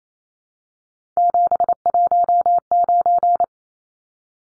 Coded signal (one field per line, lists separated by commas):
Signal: Morse code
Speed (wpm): 28 wpm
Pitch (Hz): 700 Hz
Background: none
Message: 719